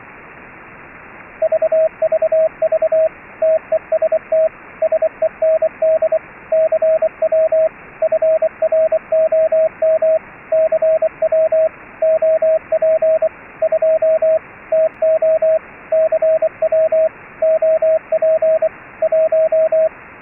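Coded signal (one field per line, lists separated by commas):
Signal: Morse code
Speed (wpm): 24 wpm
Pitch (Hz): 640 Hz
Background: radio noise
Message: VVV TEST SEND CW FROM CW OP 2 TO CW OP 1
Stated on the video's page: CW exchanged over the internet by audio-over-IP, with HF background static from a rig added as comfort noise.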